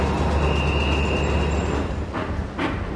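A coal-fired steam train's wheels roll on rails in a steady, heavy low rumble, with a thin high squeal drawn out early on and two sharp clacks toward the end.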